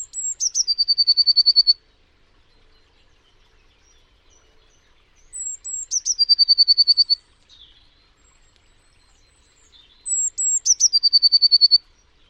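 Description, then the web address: Bird song phrases repeated three times, each a high sliding whistle followed by a rapid, steady trill of bright ticking notes, with silence between phrases. "Deverinetal 2025 Bird Only Cy Ca"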